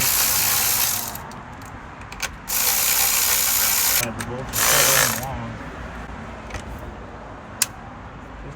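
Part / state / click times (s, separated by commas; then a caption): plastic trim piece into engine bay mount / seated / 7.6 s. A plastic engine bay trim piece on a 2022 (VB) WRX is pressed back into its mount while someone talks, with bursts of loud mechanical rattling and a few short knocks along the way. A sharp snap at 7.6 s marks the trim piece seating back in place.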